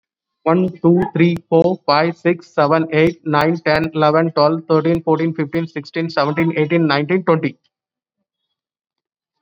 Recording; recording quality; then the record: counting at a fast pace; excellent, no background noise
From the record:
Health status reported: COVID-19 positive, mild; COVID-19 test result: positive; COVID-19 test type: RT-PCR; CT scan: not taken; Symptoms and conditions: cough, fever, fatigue, muscle pain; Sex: male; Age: 39 years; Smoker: yes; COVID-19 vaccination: both doses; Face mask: worn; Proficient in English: yes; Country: India